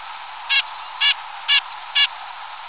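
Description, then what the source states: White-breasted nuthatch nasal flight calls, four short buzzy notes spaced about half a second apart over a steady high hiss. Nocturnal flight call.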